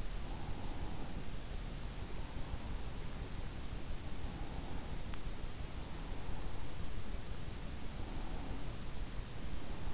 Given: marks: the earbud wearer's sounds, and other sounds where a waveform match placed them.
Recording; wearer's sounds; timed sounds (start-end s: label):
sounds in sleep by an in-ear microphone; breath
0.00-1.77 s: breath